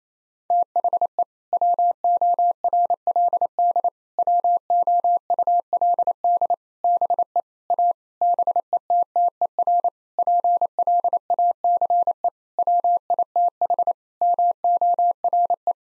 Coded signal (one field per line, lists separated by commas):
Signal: Morse code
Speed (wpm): 28 wpm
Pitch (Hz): 700 Hz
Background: none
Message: THE WORLD WOULD BE A BETTER PLACE WITH MORE